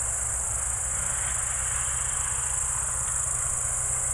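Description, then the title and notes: Cricket chorus, a continuous high-pitched trill, with a throbbing low motor hum underneath. Evening crickets at Spalona Pass, Bystrzyckie Mountains, Poland, 18 July 2024 around 19:00; old tractor mowing grass in the village below and passing cars in background. "Spalona Pass - crickets and haymaking. Przełęcz Spalona w Górach Bystrzyckich. wieczorne świerszcze"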